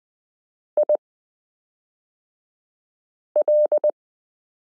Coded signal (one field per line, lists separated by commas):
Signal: Morse code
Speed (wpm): 20 wpm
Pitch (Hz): 600 Hz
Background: none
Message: IL